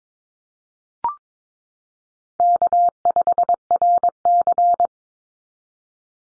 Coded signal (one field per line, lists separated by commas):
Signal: Morse code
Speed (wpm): 22 wpm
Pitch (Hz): 700 Hz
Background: none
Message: K5RC